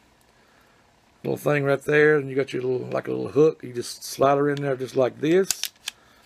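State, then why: Not seated. During reassembly of a Ruger Mark IV 22/45 Lite .22 pistol, the hooked front of the steel upper receiver is slid into the polymer grip frame while someone talks, with a few brief sharp handling sounds near the end, the loudest at 5.9 s. The upper has not yet been pivoted down to latch, so nothing has seated or clicked yet.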